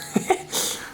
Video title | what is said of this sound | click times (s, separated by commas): PULLING THE TURBO OFF THE 1JZ CHASER.... 🤦‍♂️ | Managed to click it in. It didn't make a very satisfying click, but I know that it's in there because I felt something. | 0.3 s